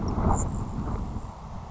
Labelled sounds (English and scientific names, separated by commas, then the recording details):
Grasshopper Sparrow (Ammodramus savannarum)
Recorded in Sonoma County, California